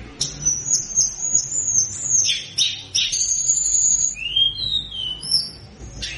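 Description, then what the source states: Flowerpecker song with a long thin high whistle, broken by harsher chips, then a few lower sliding whistles and a final tick. Mountain-flowerpecker song in full, lively voice, played as a lure sound to draw answers from wild birds.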